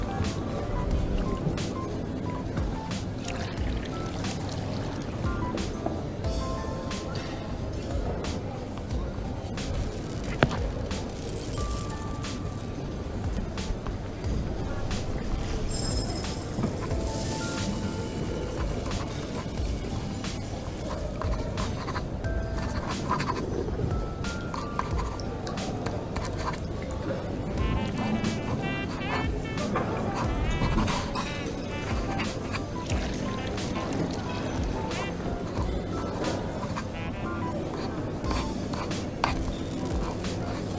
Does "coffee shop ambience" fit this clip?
yes